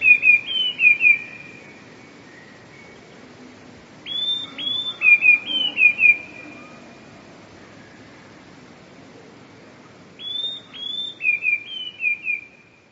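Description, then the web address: Eurasian blue tit singing three phrases, each two or three high piercing notes leading into a fast, slightly descending trill, with quiet gaps between. "wroblowe teka 2 spiew. wroblowe teka modraszkoteka"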